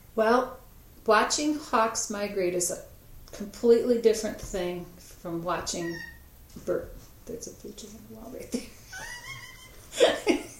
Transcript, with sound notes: Well, watching hawks migrate is a completely different thing from watching -- [bird call outside window] that's a bluejay at the wall right there.